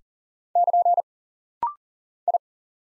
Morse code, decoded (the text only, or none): <KN> I